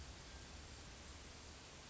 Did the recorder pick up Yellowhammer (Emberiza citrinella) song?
no